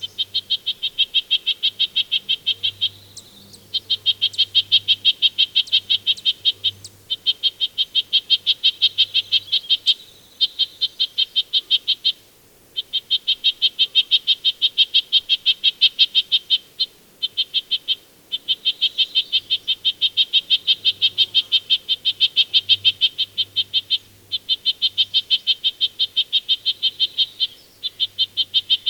Red-breasted Nuthatch call recorded on the Gem Lake Trail in Rocky Mountain National Park.